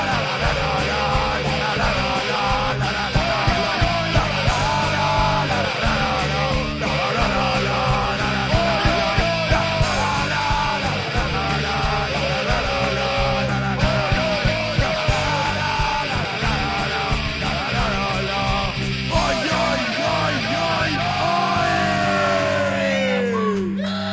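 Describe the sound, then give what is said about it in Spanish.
A large crowd in Plaça Catalunya on 02/06/11 shouts and chants in unison, loud and sustained, with rhythmic surges of voices, scattered yells and whoops rising over a dense, continuous roar. “No, aquí se ha podido observar los gritos que decíais, los coros de domingo por la tarde, como ha dicho aquí el técnico Muñiz, o sea, que se ha podido apreciar que perfectamente.”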